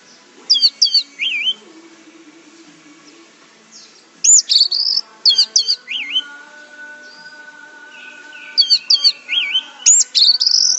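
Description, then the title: Orange-headed thrush song: bursts of high, quick, looping whistled phrases with sharp swoops, separated by pauses, over a steady low hum and faint background tones. "Anis Merah"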